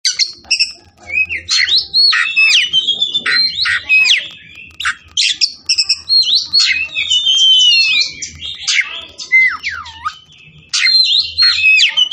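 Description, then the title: Oriental magpie-robin in full song: quick whistled slides, harsh rasping bursts and a deep swooping whistle, strung into long continuous phrases. Kacer fighting, persistent song full of 'tembakan' bursts, meant to make a kacer ready to fight within minutes. "Kacer Langsung Tarung Konslet KACER NGOTOT FULL TEMBAKAN"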